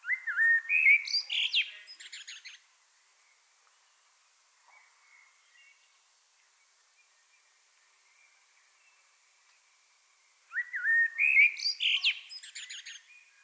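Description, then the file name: Common blackbird singing two phrases separated by a long quiet pause, each a mellow fluted warble that breaks into thin, high chattering notes. "Turdus merula"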